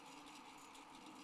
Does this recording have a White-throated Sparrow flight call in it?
no